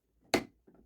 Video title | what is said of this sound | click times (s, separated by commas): 💧 Panzerschläuche der Enthärtungsanlage installieren - AS-EVO - Video 3/6 - AQUASAFE | se escucha un chasquido. | 0.3 s